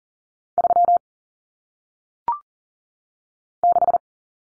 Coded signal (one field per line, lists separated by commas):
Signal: Morse code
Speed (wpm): 40 wpm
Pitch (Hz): 700 Hz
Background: none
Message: 3 6